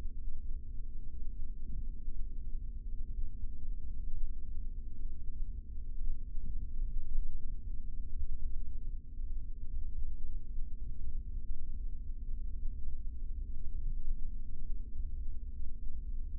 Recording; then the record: forearm muscle sounds (acoustic myography)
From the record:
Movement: rest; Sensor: system 3, bracelet of six PUI Audio POM-2738L microphones around the upper forearm, with dedicated amplification and filtering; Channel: 5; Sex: male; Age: 26 years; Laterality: right